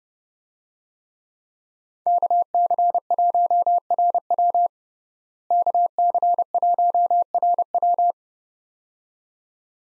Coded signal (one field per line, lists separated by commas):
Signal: Morse code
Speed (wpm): 30 wpm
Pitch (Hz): 700 Hz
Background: none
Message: KC1RW KC1RW